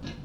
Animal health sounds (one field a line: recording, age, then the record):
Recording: pig call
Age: growing-finishing pig (85 days or more)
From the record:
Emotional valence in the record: positive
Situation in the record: run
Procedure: transit